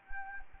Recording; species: mosquito wingbeat signal from an infrared sensor; Anopheles arabiensis